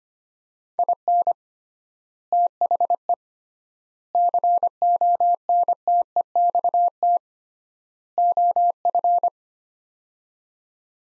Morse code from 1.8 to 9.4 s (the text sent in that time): THE CONTEXT OF